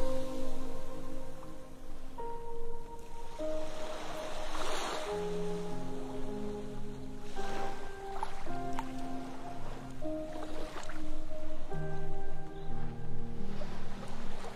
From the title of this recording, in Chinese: 海浪